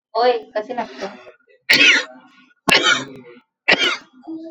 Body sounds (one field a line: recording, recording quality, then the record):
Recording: heavy voluntary cough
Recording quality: moderate, slight background noise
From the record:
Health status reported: healthy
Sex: female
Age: 28 years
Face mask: not worn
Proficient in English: yes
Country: India